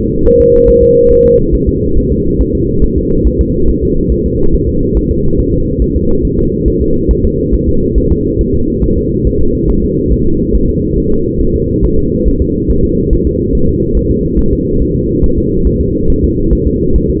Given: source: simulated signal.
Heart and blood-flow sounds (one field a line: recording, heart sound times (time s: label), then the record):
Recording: fetal heart sounds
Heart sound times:
0.27 s: S1
0.41 s: S2
0.69 s: S1
0.83 s: S2
1.12 s: S1
1.26 s: S2
1.55 s: S1
1.69 s: S2
1.98 s: S1
2.12 s: S2
2.41 s: S1
2.55 s: S2
2.84 s: S1
2.98 s: S2
3.27 s: S1
3.41 s: S2
3.69 s: S1
3.84 s: S2
4.12 s: S1
4.26 s: S2
4.55 s: S1
4.69 s: S2
4.97 s: S1
5.11 s: S2
5.40 s: S1
5.54 s: S2
5.82 s: S1
5.96 s: S2
6.25 s: S1
6.39 s: S2
6.68 s: S1
6.82 s: S2
7.11 s: S1
7.25 s: S2
7.54 s: S1
7.69 s: S2
7.98 s: S1
8.12 s: S2
8.41 s: S1
8.55 s: S2
8.84 s: S1
8.98 s: S2
9.27 s: S1
9.41 s: S2
9.70 s: S1
9.84 s: S2
10.12 s: S1
10.27 s: S2
10.55 s: S1
10.69 s: S2
10.98 s: S1
11.12 s: S2
11.41 s: S1
11.56 s: S2
11.85 s: S1
11.99 s: S2
12.28 s: S1
12.42 s: S2
12.71 s: S1
12.85 s: S2
13.13 s: S1
13.27 s: S2
13.55 s: S1
13.69 s: S2
13.97 s: S1
14.11 s: S2
14.39 s: S1
14.53 s: S2
14.82 s: S1
14.96 s: S2
15.24 s: S1
15.38 s: S2
15.67 s: S1
15.81 s: S2
16.10 s: S1
16.24 s: S2
16.53 s: S1
16.67 s: S2
16.96 s: S1
17.10 s: S2
From the record:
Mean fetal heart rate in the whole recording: 140 bpm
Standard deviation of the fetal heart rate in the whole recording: 2 bpm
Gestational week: 34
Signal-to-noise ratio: -16.4 dB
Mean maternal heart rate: 72 bpm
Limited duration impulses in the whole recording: present